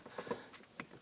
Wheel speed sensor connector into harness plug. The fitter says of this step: Install that. Push on till you feel it and hear a click.